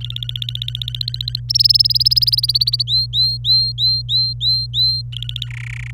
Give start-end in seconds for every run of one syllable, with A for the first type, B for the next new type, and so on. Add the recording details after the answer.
0.01-1.40 A, 1.49-2.83 B, 2.87-5.02 C, 5.12-5.46 A, 5.47-5.91 D. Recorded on 26 April 2018 at 11:34. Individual llb3